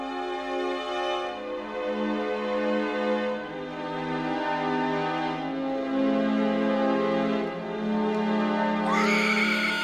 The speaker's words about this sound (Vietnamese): Tiếng hét thất thanh bất chợt rú lên từ trong căn phòng trên tầng 3, như muốn xé nát màn đêm tầm tối, và tựa hồ như nếu không có lớp kính ngăn cách, âm của tiếng rú đó sẽ lôi cả khu phố này tỉnh dậy.